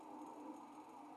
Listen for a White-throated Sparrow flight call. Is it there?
no